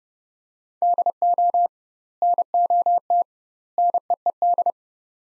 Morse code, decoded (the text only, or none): DO NOT NEED